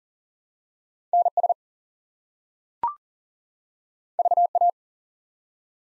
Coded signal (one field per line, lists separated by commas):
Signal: Morse code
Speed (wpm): 38 wpm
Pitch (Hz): 700 Hz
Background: none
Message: NS VA